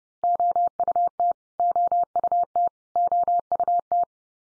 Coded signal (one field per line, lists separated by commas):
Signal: Morse code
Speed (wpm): 30 wpm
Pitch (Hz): 700 Hz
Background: none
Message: OUT OUT OUT